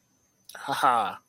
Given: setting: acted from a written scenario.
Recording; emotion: vocal sound without words; pride